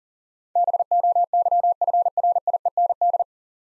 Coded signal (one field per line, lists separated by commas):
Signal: Morse code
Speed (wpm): 40 wpm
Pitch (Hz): 700 Hz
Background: none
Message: BOYFRIEND